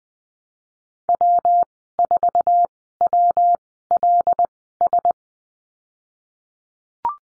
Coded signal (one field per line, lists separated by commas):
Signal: Morse code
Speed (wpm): 20 wpm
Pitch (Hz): 700 Hz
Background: none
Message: W4WLS